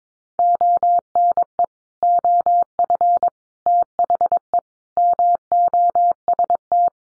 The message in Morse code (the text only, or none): ONE OF THE MOST